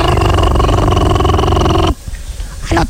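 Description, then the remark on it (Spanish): A blender runs with a loud, steady whirring drone and a constant buzzing hum for about two seconds, then cuts off abruptly, leaving a few faint clatters and rustles. “A ver, encienda la licuadora.”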